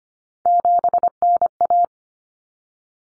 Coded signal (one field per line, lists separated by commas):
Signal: Morse code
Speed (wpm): 25 wpm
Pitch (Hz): 700 Hz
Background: none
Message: 7NA